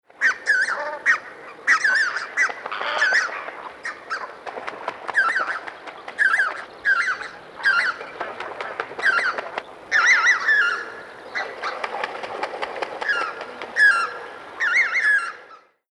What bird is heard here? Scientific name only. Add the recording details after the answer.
Anser erythropus. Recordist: Tembrock, Günter. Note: Rufe